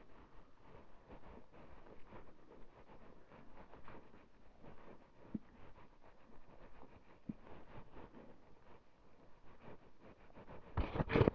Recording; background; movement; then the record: deep breathing; quiet; walking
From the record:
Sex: female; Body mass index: 36.4 kg/m2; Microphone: on the chest, facing the body